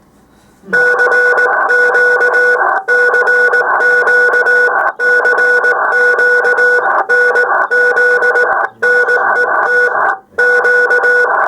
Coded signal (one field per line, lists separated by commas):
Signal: Morse code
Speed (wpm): 18 wpm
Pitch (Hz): 1470 Hz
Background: none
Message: CQ CQ CQ NZ NET Q